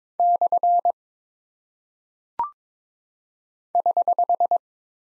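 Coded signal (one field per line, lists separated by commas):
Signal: Morse code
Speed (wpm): 22 wpm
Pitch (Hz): 700 Hz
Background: none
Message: / <HH>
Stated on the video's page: Head-copy practice of single punctuation and prosign characters at 22 wpm, each sent in Morse, then spoken, then sent again.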